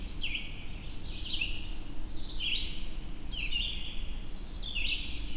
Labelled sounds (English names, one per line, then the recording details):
Red-eyed Vireo song
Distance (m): 25 m
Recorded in boreal forest in Alberta, Canada, on 22 June 2016 at 06:23
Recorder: SongMeter 3, array SBT-6-76
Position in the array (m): 260 m, 99 m